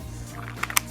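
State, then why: Seated. A heavy CO2 gas magazine is slid into the grip of an FN-57 gas blowback airsoft pistol over background music, with a few light clicks at 0.6 and 0.7 seconds. It snaps home with a sharp click at 0.8 seconds, and the magazine is seated.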